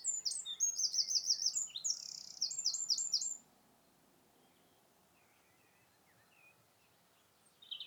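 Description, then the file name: Eurasian wren song: a rapid, loud burst of high trills and twittering notes lasting about three seconds, then quiet, with a few soft chirps and a brief high note near the end. "Troglodytes troglodytes"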